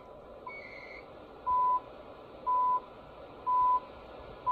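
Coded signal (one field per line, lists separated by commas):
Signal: radio time signal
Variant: CHU Canada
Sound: four short 1 kHz beeps, one each second, over hissy radio static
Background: radio static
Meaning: Each tone pulse marks the start of a second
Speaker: I'll also turn on another receiver here in the background where you can hear the audio from CHU Canada.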